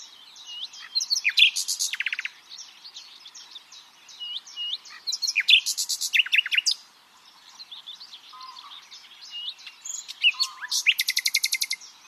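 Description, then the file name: Common nightingale song: three varied phrases mixing slurred whistles with fast repeated staccato notes, separated by brief quieter spells. "Luscinia megarhynchos"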